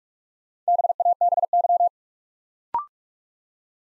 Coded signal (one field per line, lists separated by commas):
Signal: Morse code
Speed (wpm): 44 wpm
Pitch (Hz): 700 Hz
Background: none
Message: BABY